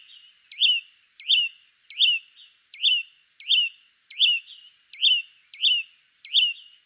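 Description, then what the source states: Hutton's vireo song: one short note repeated over and over in a steady series. Song some have described as monotonous and unmusical; the bird is a small greenish-gray songbird of western North America, Mexico and Guatemala.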